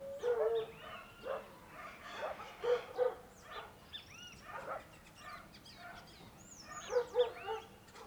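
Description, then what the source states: Dog barks in short harmonic bursts near the start, around three seconds and again near seven seconds, over a busy chorus of chirping and whistling birds. Rural dawn ambience with various birds; dog barking.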